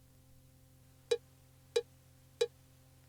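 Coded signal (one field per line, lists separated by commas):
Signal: none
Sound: answering machine beeps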